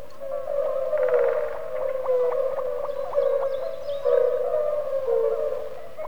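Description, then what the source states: European fire-bellied toads in chorus, soft mellow hooting notes overlapping into a steady low hum, with faint rapid clicking pulses and thin high calls above. Calling without pause in pools left after the spring flood, central Russia.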